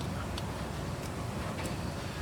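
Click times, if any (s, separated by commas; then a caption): none. A wiring harness pigtail connector is pushed onto a coolant temperature sensor during a Coyote engine swap, over steady broadband noise with a brief faint tick near 0.4 s. The connector does not click because its locking tab is broken, though it sits on the sensor, so nothing has clicked.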